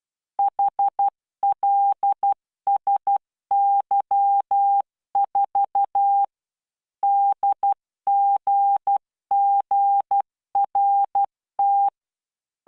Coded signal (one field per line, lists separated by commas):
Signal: Morse code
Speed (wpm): 12 wpm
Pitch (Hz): 800 Hz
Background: none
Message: HLSY4 DGGRT